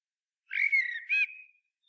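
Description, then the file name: Common blackbird giving one short phrase: a slurred, falling fluty whistle followed by a brighter, harsher note, about one second long. "Turdus merula"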